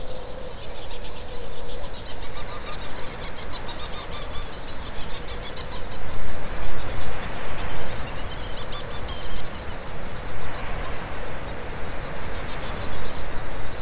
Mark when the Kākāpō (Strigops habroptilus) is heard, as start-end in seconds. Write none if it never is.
none